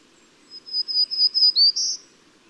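Bird song: a quick series of about six high, even whistled notes, then a louder rising note and a final high note, all within about one and a half seconds over a faint low hiss.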